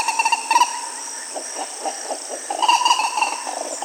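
Bird calling in short bursts of harmonic notes, pausing, then resuming in a fast run, with soft low pulses and a constant high-pitched insect hum behind.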